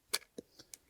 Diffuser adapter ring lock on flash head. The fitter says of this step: Just turn this and lock it. So now it's locked into place.